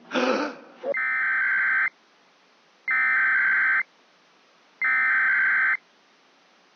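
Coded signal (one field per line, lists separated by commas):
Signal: Emergency Alert System (SAME) tones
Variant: header bursts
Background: speech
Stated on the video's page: Recreated compilation of Required Monthly Tests from the Central Relay Network.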